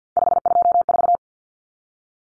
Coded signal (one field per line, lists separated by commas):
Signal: Morse code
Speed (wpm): 50 wpm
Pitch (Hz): 700 Hz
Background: none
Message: 524